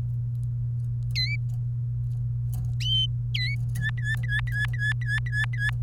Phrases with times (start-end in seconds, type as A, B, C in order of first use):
1.15-1.36 A, 3.34-3.56 A, 3.76-5.70 B